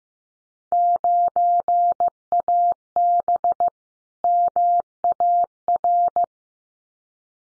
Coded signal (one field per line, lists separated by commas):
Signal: Morse code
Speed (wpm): 15 wpm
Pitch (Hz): 700 Hz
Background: none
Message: 9AB MAR